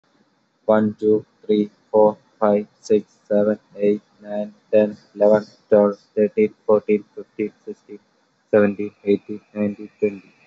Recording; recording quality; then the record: counting at a normal pace; excellent, no background noise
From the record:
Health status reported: COVID-19 positive, mild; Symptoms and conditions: loss of smell and taste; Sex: male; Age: 22 years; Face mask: worn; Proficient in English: yes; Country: India